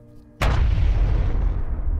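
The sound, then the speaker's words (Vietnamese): A single massive explosion bursts in after a quiet hum, hitting hard across the whole range and throwing dust everywhere, then a deep, heavy rumble rolls on and slowly fades without stopping. “Một tiếng nổ bùm to đến độ muốn rung chuyển cả lòng đất.”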